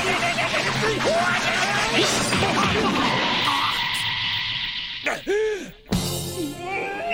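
A couple of sharp, heavy kicks thump against a body late in the scene, amid strained grunting voices and a dense, noisy commotion.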